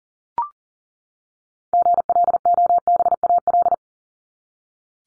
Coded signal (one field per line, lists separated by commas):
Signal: Morse code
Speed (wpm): 40 wpm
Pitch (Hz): 700 Hz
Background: none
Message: GLOBAL